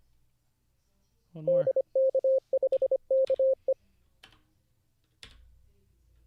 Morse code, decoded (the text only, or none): DK5KE